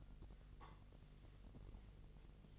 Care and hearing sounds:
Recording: daily activity, microphone in the room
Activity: take from stove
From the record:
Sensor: 4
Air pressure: 1000.1 hPa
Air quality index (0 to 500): 221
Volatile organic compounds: 26 ppm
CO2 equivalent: 2853 ppm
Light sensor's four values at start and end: 9/20/8/8 and 9/20/8/7

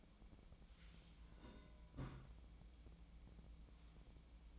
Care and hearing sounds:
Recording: daily activity, microphone in the room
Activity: take from stove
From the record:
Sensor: 1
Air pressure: 1010.0 hPa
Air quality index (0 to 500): 187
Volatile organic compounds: 17 ppm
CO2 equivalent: 2568 ppm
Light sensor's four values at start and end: 38/97/40/49 and 38/96/40/49

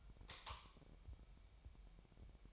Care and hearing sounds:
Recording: daily activity, microphone in the room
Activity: light off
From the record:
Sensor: 1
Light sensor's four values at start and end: 14/45/18/18 and 5/11/4/5

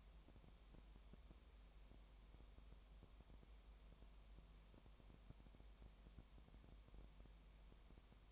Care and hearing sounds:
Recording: daily activity, microphone in the room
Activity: no activity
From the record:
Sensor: 1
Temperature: 19.4 degrees Celsius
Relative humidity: 35.7%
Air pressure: 1003.3 hPa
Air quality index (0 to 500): 113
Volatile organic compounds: 2 ppm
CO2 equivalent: 1260 ppm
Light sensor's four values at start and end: 1/2/1/1 and 1/2/1/1

